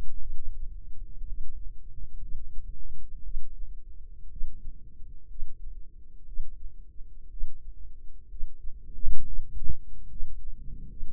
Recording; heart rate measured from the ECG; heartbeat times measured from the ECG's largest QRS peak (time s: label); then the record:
heart sounds by microphone in the left ear; 62 bpm
0.17 s: heartbeat
1.24 s: heartbeat
2.18 s: heartbeat
3.21 s: heartbeat
4.27 s: heartbeat
5.26 s: heartbeat
6.24 s: heartbeat
7.28 s: heartbeat
8.27 s: heartbeat
9.22 s: heartbeat
10.07 s: heartbeat
10.87 s: heartbeat
From the record:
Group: healthy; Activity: rest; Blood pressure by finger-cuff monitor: 90/58 mmHg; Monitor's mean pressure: 67 mmHg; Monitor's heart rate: 60 bpm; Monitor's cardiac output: 4.5 L/min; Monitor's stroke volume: 77 mL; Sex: female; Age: 36 years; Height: 163 cm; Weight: 88 kg